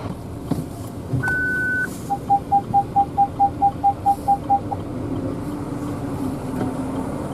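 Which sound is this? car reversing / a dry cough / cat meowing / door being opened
car reversing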